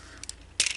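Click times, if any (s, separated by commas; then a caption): 0.6 s. A gear-like cylindrical plastic joint on a Transformers War for Cybertron: Siege Ironhide figure is forced out of its lock with two small ticks at about 0.2 and 0.3 seconds, then moved back. It snaps loudly at 0.6 seconds as it relocks in place, followed by a brief rattle.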